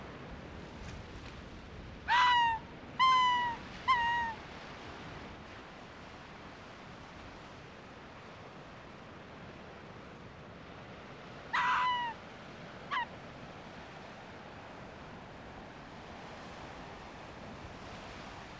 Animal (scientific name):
Vulpes lagopus